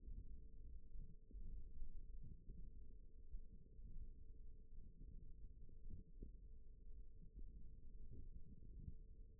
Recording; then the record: forearm muscle sounds (acoustic myography)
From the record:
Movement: hand opening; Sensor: system 1, eight BSWA MPA416 microphones around the upper forearm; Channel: 4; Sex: female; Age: 20 years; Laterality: right